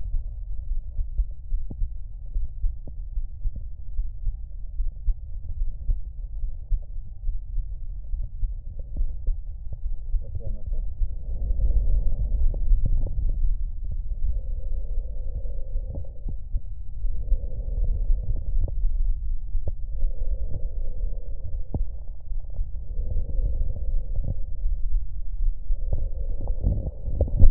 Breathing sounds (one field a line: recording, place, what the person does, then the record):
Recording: lung sounds by stethoscope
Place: right anterior apical chest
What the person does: quiet breathing, then deep breathing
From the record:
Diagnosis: none (healthy)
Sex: male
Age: 35 years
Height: 186 cm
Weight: 108 kg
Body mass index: 31.2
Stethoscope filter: extended mode